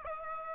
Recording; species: mosquito wingbeat signal from an infrared sensor; Aedes aegypti